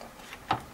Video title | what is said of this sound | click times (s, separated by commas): How to convert a HP Server Blade into a standard PC with Windows 10 | slide in place until you hear some nice clicks and you are sure it's in place. | 0.3 s, 0.5 s